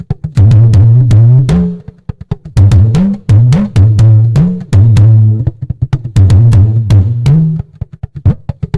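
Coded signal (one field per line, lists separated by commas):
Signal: talking drum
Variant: Yoruba dùndún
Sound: rapid low drum strokes with gliding, speech-like pitch bends and sharp stick clicks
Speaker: it means the son that we gave back to you or the daughter we give back to is a good child it's someone that will become a great personality later in the future it means I'm rejoicing with the newborn baby so let's try to play it on the 68 bat on slow 44 bit and fast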